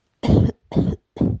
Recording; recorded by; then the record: voluntary cough; messaging app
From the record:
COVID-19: negative